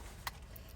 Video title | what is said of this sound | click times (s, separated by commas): BMW E46 mirror repair - 330ci, 325ci leaky rear view mirror fix. | and it'll snap into place | 0.3 s